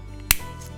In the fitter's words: clicks in place and then you have a calibrated pipet